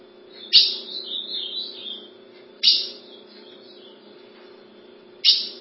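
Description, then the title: Ultramarine grosbeak song: a short warbled phrase wavering up and down, followed by sharp clicks a couple of seconds apart, over a steady low hum. "Azulao"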